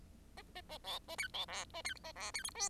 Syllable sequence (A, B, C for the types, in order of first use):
A A A B A C B D A C A D C E F